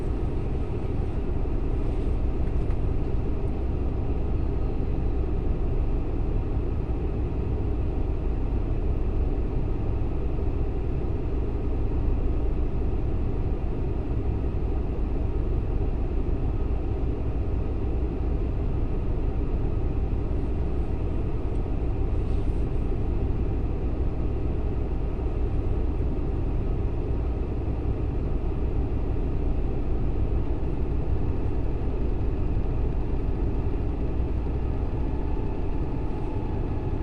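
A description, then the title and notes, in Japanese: Aboard the limited express Uzushio 24 on the Kotoku Line, running from Tokushima toward Sanbonmatsu. A heavy, steady low rumble of the moving train holds at an even level throughout, with a faint hum above it and a few light clicks around 2, 22 and 36 seconds. 高徳線 徳島→三本松 特急うずしお24号。2両編成で後ろの28席が指定席、1両半ほどが自由席になります。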